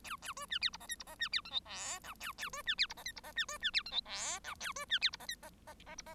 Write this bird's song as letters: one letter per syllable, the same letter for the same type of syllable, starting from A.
A A B C D E F G E F C D H I J K A A B C D E F G E F C B C D H I J K A B C D E F G F F F E F